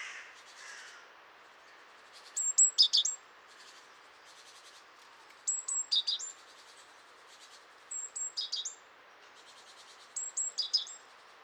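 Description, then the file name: Great tit calls: phrases repeated every few seconds, each a high thin whistle running into a short buzzy rattle. "Parus major"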